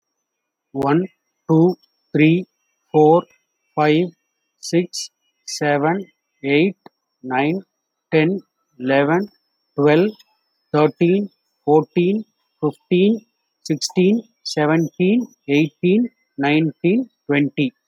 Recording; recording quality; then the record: counting at a normal pace; moderate, slight background noise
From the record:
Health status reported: healthy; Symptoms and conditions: none ticked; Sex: male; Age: 35 years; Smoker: not ticked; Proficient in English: yes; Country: India